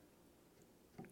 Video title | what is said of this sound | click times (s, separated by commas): How to Build a 500 Grain, 15% FOC, Accurate Arrow. Step by Step! | you can hear this click on with the magnet | 1.1 s